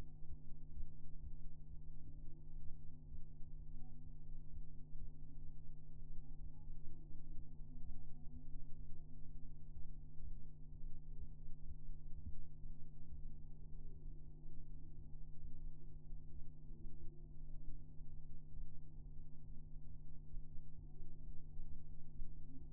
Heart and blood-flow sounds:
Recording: fetal heart sounds by stethoscope on the mother's abdomen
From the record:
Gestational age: 33 weeks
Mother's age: 21 years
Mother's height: 151 cm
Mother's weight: 51 kg

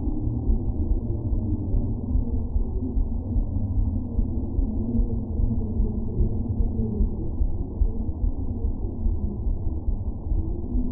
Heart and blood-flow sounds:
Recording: fetal heart sounds by stethoscope on the mother's abdomen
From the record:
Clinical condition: abdominal pain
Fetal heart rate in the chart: 146 bpm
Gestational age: 39 weeks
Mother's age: 27 years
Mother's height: 144 cm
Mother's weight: 83 kg

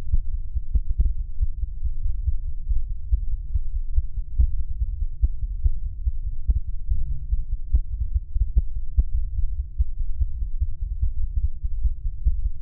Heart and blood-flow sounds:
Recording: fetal heart sounds by stethoscope on the mother's abdomen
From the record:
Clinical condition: bleeding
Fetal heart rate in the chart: 148 bpm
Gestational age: 34 weeks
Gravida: 3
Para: 1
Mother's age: 23 years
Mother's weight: 49 kg

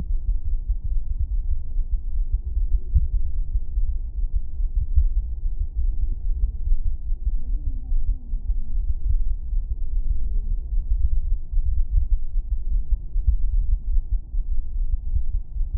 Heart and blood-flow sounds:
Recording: fetal heart sounds by stethoscope on the mother's abdomen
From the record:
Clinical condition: thrombocytopenia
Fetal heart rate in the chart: 135 bpm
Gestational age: 35 weeks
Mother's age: 24 years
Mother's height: 153 cm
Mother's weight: 62 kg

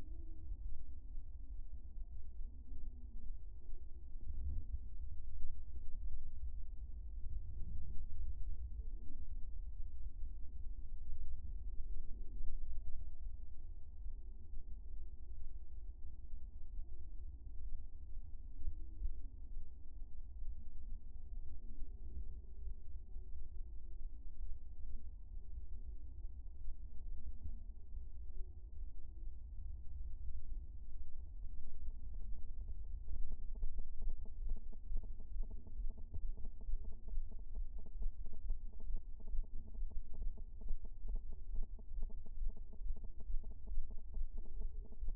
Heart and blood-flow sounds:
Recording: fetal heart sounds by stethoscope on the mother's abdomen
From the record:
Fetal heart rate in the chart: 132 bpm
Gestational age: 34 weeks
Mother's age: 22 years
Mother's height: 150 cm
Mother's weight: 62 kg

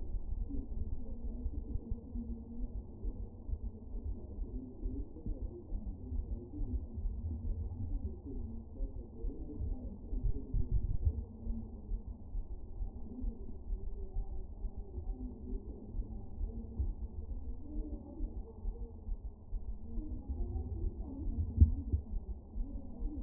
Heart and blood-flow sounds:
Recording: fetal heart sounds by stethoscope on the mother's abdomen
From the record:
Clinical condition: moderate anaemia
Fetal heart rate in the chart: 135 bpm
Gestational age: 39 weeks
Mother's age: 23 years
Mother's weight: 54 kg

